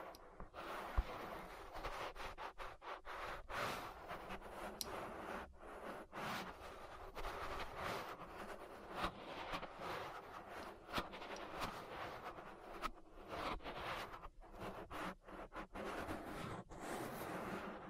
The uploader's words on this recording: ASMR Relaxing Ear Massage. (No Talking).